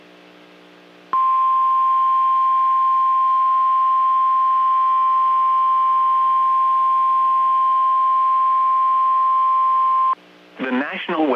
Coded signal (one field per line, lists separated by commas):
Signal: Emergency Alert System (SAME) tones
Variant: 1050 Hz attention tone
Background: speech